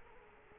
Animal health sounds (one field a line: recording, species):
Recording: mosquito wingbeat signal from an infrared sensor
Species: Culex quinquefasciatus